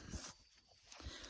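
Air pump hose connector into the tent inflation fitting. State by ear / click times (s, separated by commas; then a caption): not seated / none. An air pump hose connector, having popped off, is pushed back toward the inflation fitting of a EuroHike Air 400 tent. Low, muffled handling bumps come near 0.15 s and again from about 0.9 s to 1.1 s, with a quieter stretch between. The clip ends before the connector goes home, so nothing has seated or locked yet.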